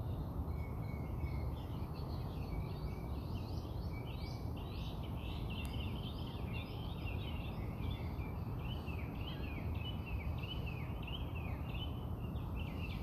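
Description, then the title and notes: Birds singing, a busy chorus of overlapping high chirps and trills throughout, with steady low background noise. Recorded outside the narrator's house. "Bird Songs Part Two. More bird songs outside my house"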